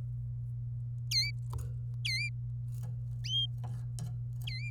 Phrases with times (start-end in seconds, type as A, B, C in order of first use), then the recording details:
1.11-1.31 A, 2.05-2.29 A, 4.47-4.69 A. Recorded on 26 April 2018 at 16:19. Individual llb3